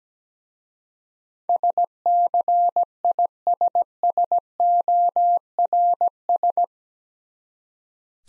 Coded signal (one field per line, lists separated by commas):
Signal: Morse code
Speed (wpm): 17 wpm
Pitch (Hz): 700 Hz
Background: none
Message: SCISSORS